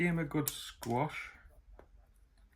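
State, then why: Seated. Two plastic halves of a fishing pole rig winder are lined up and squeezed together while someone talks. A short, sharp click is heard at 1.8 s as the halves snap into each other and seat.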